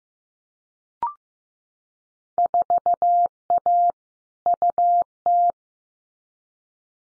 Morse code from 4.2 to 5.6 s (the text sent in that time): UT